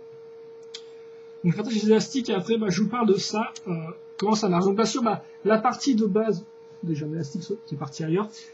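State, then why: Seated. A section of a plastic brick-built model is pressed into the side holes of the main structure, fastening with Technic pins, and it seats with one sharp click at 0.8 s. After that someone talks over a steady mains hum.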